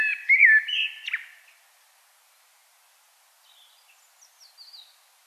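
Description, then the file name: Common blackbird song: one short mellow warbled phrase with a squeaky end, then faint high twittering notes trailing off into quiet. "Turdus merula"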